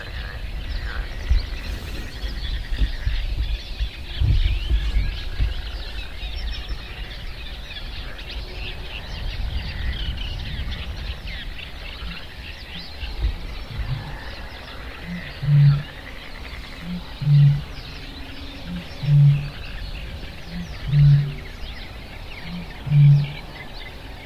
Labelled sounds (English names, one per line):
Great Bittern